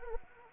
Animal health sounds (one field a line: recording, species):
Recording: mosquito wingbeat signal from an infrared sensor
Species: Anopheles arabiensis